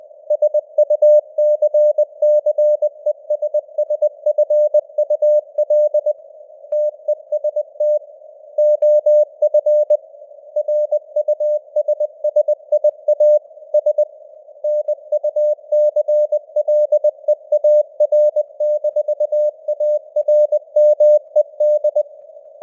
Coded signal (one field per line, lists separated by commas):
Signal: Morse code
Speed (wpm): 20 wpm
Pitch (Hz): 600 Hz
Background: none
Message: SUCCESSFUL TEST OF RUSSIA S NUCLEAR-ARMED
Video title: Morse Code News | 2025-10-29 | 20wpm